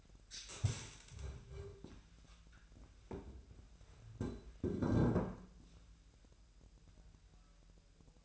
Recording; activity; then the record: daily activity, microphone in the room; stand up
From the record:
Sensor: 2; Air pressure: 1001.4 hPa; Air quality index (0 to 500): 241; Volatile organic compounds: 74 ppm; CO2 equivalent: 3551 ppm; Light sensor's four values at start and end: 11/26/11/11 and 9/22/9/10